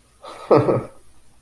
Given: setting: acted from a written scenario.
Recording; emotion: vocal sound without words; adoration